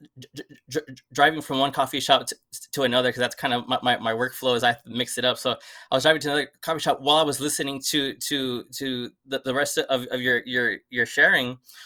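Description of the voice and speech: Adult man speaking conversationally, repeating words ("my my my", "to to to", "your your your") with tense pauses: stuttering, which he says he had never really addressed before.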